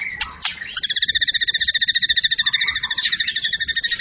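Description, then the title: White-rumped shama song: a few sharp introductory notes, then a long rapid trill of pulsed, ringing notes repeated about ten times a second, bright and continuous. Lure recording of a highly active singer delivering its full song repertoire, intended to stir up other birds. "PANCINGAN MURAI BATU. MURAI GACOR SUPER EDAN SEMUA MATERI DI KELUARIN COCOK BUAT DONGKRAK EMOSI. SHAMA BIRD"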